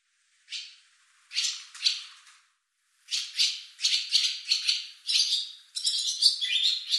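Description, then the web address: Barn swallow calls, harsh rattling bursts: one short, then two, a pause, then a quick series of scratchy chattering notes, running into a continuous twitter near the end. "cianscape birddata Deverinetal 2025"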